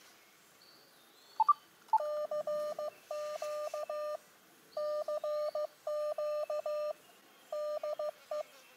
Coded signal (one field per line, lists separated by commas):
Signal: Morse code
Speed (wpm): 14 wpm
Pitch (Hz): 590 Hz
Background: none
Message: CQ CQ DE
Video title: Elecraft AX1 Small Antenna ~ Hiking Portable ~ Woods QRP